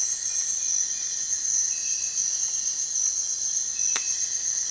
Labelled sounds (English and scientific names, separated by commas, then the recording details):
none
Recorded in dense forest near Puerto Asís, Putumayo, Colombia, on 27 June 2025 at 03:30
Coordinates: 0.468, -76.322
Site GP03